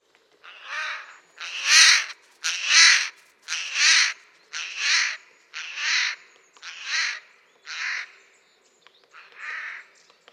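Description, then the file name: Eurasian jay giving harsh, rasping screeches, nine hoarse calls repeated about once a second, otherwise quiet. "Garrulus glandarius"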